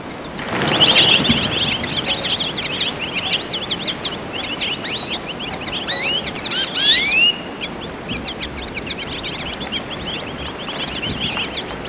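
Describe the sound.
American goldfinch song: a rapid, jumbled twittering of high, thin notes, with a few louder rising sweeps near the middle, over a low steady background hiss.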